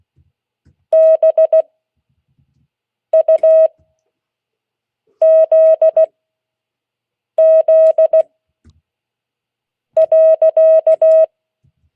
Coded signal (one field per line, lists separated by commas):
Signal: Morse code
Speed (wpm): 16 wpm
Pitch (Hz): 640 Hz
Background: none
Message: BUZZ.